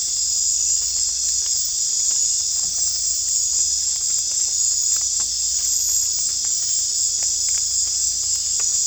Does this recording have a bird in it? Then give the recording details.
no. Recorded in secondary vegetation near Puerto Asís, Putumayo, Colombia, on 22 December 2024 at 19:00. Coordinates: 0.484, -76.319. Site GP06